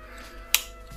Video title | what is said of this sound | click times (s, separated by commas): Bandai PG 00 Raiser (Assembly only) - Part 1 - 00 Gundam | it sort of snaps into place and | 0.5 s